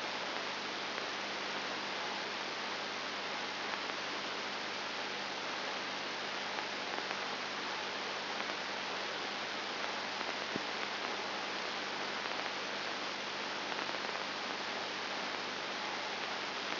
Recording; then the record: brain microelectrode recording played as sound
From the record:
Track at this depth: inside the subthalamic nucleus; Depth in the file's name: 1.505 mm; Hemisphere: left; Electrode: 2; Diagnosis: Parkinson's disease